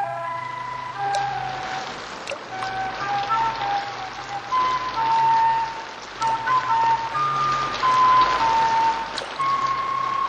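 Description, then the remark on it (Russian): Light morning drizzle hisses and patters steadily throughout, a soft continuous wash of fine drops, with faint wavering tones drifting above it now and then. “С утра моросило.”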